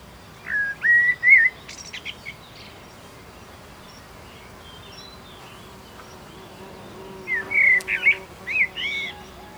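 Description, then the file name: Common blackbird song, two separate phrases of fluty whistles mixed with a few high squeaky notes, divided by several seconds of faint steady background noise. "Turdus merula"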